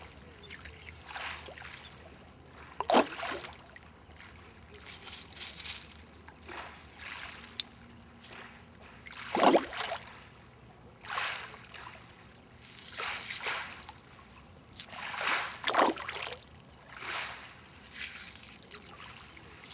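Small lake waves break on a gravel shore at Plage de Chatillon, Chindrieux, France, every few seconds, each one a sloshing splash with a hissing, rattling wash that fades before the next arrives, as gravel is thrown into the water. No one speaks.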